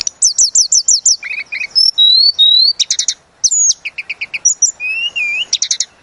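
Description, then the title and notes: Tledekan gunung song: a rapid, varied run of high, sharp chirps, thin whistles and trills, some notes repeated in quick series, with brief pauses between phrases. Master recording used for training cage birds. "Masteran Tledekan Gunung Sikatan Gunung. burung tledekan"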